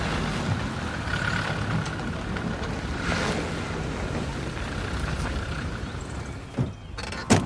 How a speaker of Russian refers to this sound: Видит вдалеке едущие машины. Ну, влипли. Переходя по камням через ручей, Пьер и Кристиан идут навстречу подъезжающим машинам.